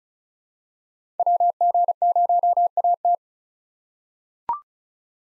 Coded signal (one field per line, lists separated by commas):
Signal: Morse code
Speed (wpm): 34 wpm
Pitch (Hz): 700 Hz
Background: none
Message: WG0AT